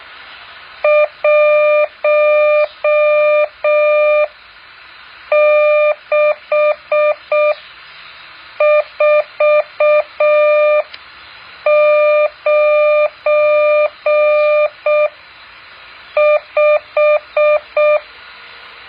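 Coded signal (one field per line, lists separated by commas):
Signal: Morse code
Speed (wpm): 6 wpm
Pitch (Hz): 600 Hz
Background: none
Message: 16495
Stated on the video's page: Morse code practice exercise 8.4.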